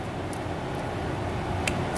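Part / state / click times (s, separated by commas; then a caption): wire harness connector into its mating connector in a massage chair / seated / 1.7 s. A plastic wire connector on the new massage mechanism harness of a Novo XT/Novo XT2 massage chair is pushed into its mating connector over a steady low rumble. A short, sharp snap at 1.7 s marks the connector locking fully into place.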